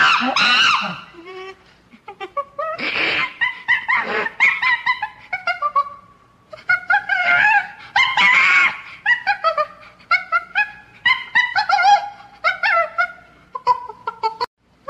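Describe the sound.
Monkey chattering calls, loud harsh squeals mixed with quick clipped yelps and shrieks, coming in irregular bursts throughout.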